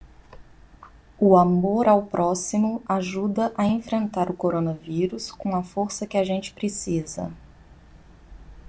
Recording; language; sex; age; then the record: spoken sentence; Brazilian Portuguese; female; 30 to 39 years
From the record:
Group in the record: control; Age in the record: 39 years